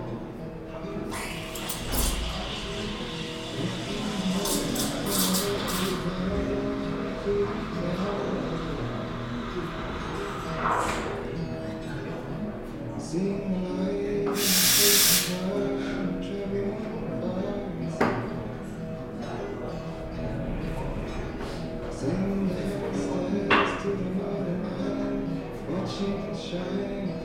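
Sitting in a café, a steady murmur of voices and low rumble fills the whole stretch. Sharp clinks and clatters break through now and then, with a loud hissing burst around fifteen seconds, like a steam wand, and brief scrapes near two and twenty-three seconds.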